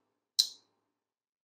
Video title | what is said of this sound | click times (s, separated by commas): 2023 Waterville Cutlery Capped Muskrat, custom made slipjoint folder by Matt Collum | And so it's of course, I got the blue tape, but you can still hear the pop. | 0.4 s